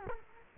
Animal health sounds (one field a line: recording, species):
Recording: mosquito wingbeat signal from an infrared sensor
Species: Culex quinquefasciatus